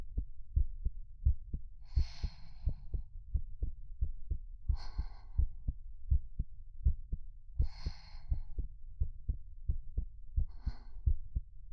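Steady, soft low thumps of a heartbeat at about 86 beats a minute, with a regular rhythm. Brief airy breath-like sounds rise over the beats roughly every three seconds.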